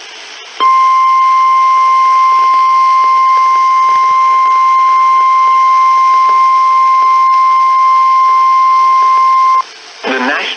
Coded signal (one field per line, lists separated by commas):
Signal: Emergency Alert System (SAME) tones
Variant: 1050 Hz attention tone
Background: speech